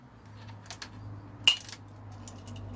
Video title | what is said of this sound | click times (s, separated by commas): 025 chainsaw rebuild part 3 chain talk | or the side of the strap you hear that nice snap and these i will save because i didn't bend these | 1.5 s